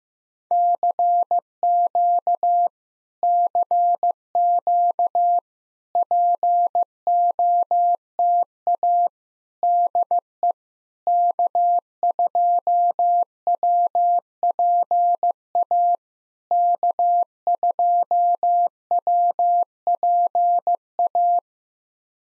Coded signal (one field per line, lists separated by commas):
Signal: Morse code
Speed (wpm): 15 wpm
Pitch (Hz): 700 Hz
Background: none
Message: CQ CQ POTA DE K2WPA K2WPA